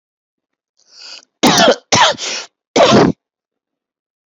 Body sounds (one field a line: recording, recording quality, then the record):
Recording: heavy voluntary cough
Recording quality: excellent, no background noise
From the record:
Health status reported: healthy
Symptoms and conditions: none ticked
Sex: male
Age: 40 years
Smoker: yes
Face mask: not worn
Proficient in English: yes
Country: India